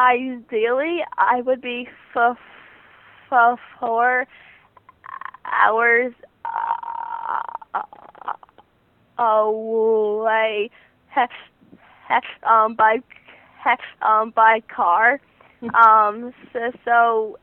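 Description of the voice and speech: Teenage girl speaking with sound and word repetitions, stretched sounds and long silent blocks: stuttering.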